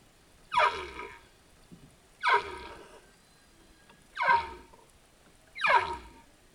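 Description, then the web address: Humpback whale song: four short, downward-sweeping cries repeated roughly every one and a half to two seconds over a faint hiss. "Epidemic Sound Albums. Whale Song Humpback"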